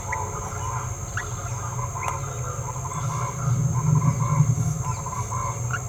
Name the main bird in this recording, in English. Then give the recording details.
Green-rumped Parrotlet. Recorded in a nest box in Venezuela. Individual 18B17A4